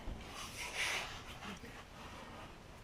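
The steel hook of a tensioner spring is worked toward its hole in the idler bracket on a Troy-Bilt Bronco lawn tractor, making quiet rubbing and scraping sounds that are strongest around 0.8 to 1.0 seconds. The hook is lined up with the hole but has not gone in or clicked yet.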